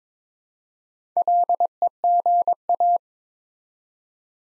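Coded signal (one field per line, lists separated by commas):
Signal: Morse code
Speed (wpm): 23 wpm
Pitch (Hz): 700 Hz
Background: none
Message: LEGA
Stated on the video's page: Morse practice set at 22 wpm, building 5-letter words one letter at a time for instant character recognition training.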